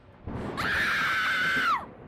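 A single loud, sustained scream rises abruptly, holds a strained high pitch for over a second, then breaks off with a falling tail, over a low rumbling background.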